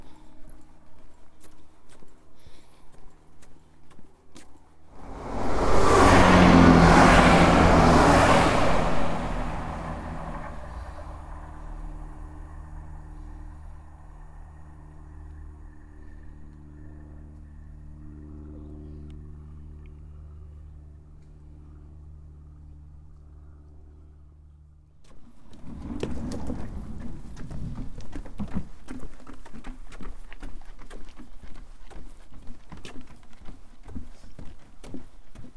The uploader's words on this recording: Today's walk is from Woodbury Castle to Exmouth along the East Devon Way.